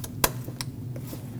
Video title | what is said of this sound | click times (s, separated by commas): How to Replace Ignition Coils 2005-2021 Nissan Frontier (2.5L L4) | Make sure you hear that click on the connector. | 0.2 s